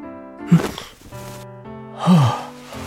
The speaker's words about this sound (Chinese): 袁子峰收了纸起身，李琴叔一下惊醒过来， 打了个哈欠问道。